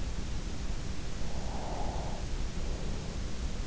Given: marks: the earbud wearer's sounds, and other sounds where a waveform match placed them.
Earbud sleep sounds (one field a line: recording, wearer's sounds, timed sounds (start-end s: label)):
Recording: sounds in sleep by an in-ear microphone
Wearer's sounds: breath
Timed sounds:
0.65-3.45 s: breath